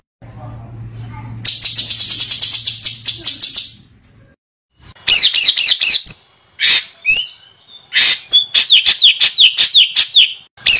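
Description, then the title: White-eye song: a high pulsed trill, then a quick varied series of sharp chirps and wavering whistled notes, some rising and falling. Training recording of continuously singing (gacor) white-eye song with rapid bursts (tembakan). "Masteran Burung Pleci Gacor Full Tembakan"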